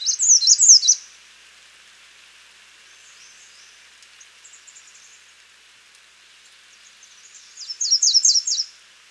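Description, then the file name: American redstart delivers a short burst of high, sharp notes at the start and another similar phrase near the end, with only faint sounds between. "Setophaga ruticilla - American Redstart"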